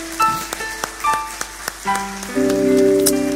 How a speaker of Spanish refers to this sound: Bueno, el aplauso es para el Señor.